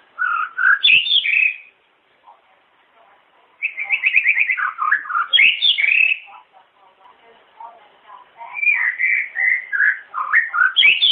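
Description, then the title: Long-tailed shrike song in three bursts of rapid chattering and whistled notes separated by quiet gaps, the last running to the end. "Kicau Burung Pentet"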